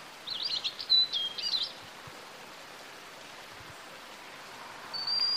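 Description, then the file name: European robin song: one tumbling phrase of high, thin warbled notes at the start, then quiet and a single thin high note near the end. "Erithacus rubecula"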